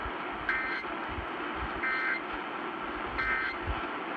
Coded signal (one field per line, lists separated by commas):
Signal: Emergency Alert System (SAME) tones